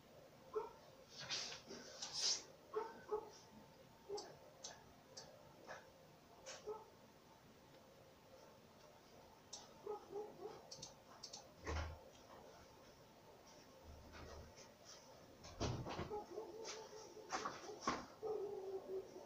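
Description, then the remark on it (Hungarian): A dog barks in short, scattered bursts, mixed with sharp knocks and clatter and some faint murmured voices, the sounds growing busier toward the end. “Kinézhetné megnézni, mit ugat az ő hülye kutyád.”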